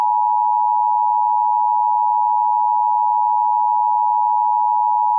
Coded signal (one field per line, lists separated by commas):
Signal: Emergency Alert System (SAME) tones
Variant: 853 and 960 Hz attention tone